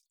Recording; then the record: hydrophone in a shrimp aquaculture tank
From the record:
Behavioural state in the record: feeding